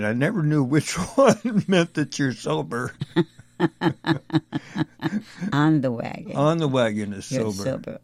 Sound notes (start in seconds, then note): 0.8 laughs; 3.1 laughs